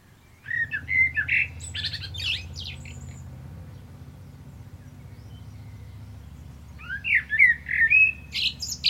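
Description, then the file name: Common blackbird with mellow whistled phrases followed by squeaky high twitters, a quiet stretch in the middle, then more fluty notes at the end over a low hum. "Turdus merula"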